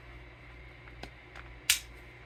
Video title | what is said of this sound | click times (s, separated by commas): Day in the Life of an Unemployed Content Creator: 2.20.25 | just pops right in connects right here | 1.7 s